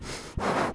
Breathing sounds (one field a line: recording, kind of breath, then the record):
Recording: one breath in and out by a microphone near the nose and mouth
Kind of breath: strong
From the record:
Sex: male